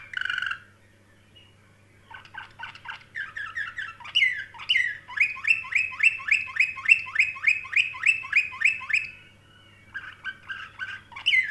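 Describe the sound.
Canary song: a brief note and a pause, then twittering that settles into a long, even trill of repeated rising notes, ending with scattered chirps over a faint hum.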